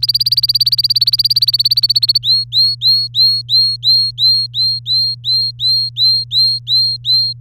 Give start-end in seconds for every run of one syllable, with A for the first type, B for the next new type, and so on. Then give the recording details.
0.00-2.18 A, 2.23-7.33 B. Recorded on 3 May 2018 at 16:44. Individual llb3